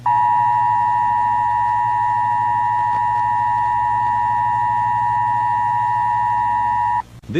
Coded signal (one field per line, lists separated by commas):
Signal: Emergency Alert System (SAME) tones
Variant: 853 and 960 Hz attention tone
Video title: EAS Scenario - Compilation